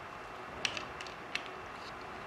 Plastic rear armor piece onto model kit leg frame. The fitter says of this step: the back click that snaps into place now